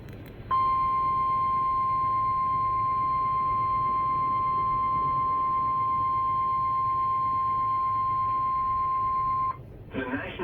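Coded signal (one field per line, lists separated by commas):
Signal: Emergency Alert System (SAME) tones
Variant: 1050 Hz attention tone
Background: speech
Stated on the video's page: Flash flood warning relayed by Mediacom cable television, possibly from a different source station; heavy rain and wind audible in background.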